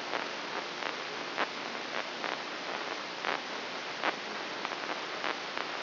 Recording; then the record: brain microelectrode recording played as sound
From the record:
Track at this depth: inside the subthalamic nucleus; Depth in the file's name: 4.31 mm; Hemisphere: left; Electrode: 3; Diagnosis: Parkinson's disease